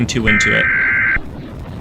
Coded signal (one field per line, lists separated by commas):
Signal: Emergency Alert System (SAME) tones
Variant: header bursts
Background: speech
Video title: Exploring Terrifying EAS Scenarios